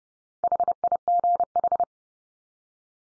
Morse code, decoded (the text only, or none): HIGH